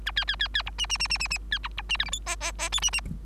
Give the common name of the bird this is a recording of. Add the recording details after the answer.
Bengalese Finch. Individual Bird3